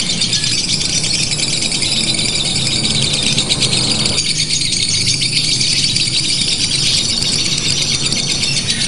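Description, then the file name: Lovebird chatter of rapid, buzzy, rattling chirps in an unbroken dense run, with a low background hum beneath. Simulated lovebird singing competition audio, made to sound like a bird-song contest. "audio-simulasi-lomba-lovebird 1-omkicau"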